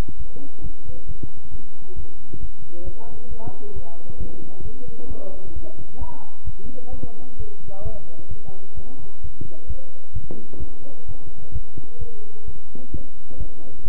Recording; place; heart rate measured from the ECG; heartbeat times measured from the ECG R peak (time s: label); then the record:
heart sounds by stethoscope; between the tricuspid and mitral areas; 132 bpm
0.17 s: heartbeat
0.62 s: heartbeat
1.07 s: heartbeat
1.51 s: heartbeat
1.96 s: heartbeat
2.40 s: heartbeat
2.85 s: heartbeat
3.29 s: heartbeat
3.74 s: heartbeat
4.18 s: heartbeat
4.63 s: heartbeat
5.08 s: heartbeat
5.54 s: heartbeat
5.99 s: heartbeat
6.45 s: heartbeat
6.91 s: heartbeat
7.37 s: heartbeat
7.83 s: heartbeat
8.29 s: heartbeat
8.75 s: heartbeat
9.22 s: heartbeat
9.68 s: heartbeat
10.14 s: heartbeat
10.60 s: heartbeat
11.07 s: heartbeat
11.53 s: heartbeat
11.99 s: heartbeat
12.46 s: heartbeat
12.92 s: heartbeat
13.38 s: heartbeat
13.84 s: heartbeat
From the record:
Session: bicycle stress test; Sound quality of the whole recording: good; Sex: male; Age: 23 years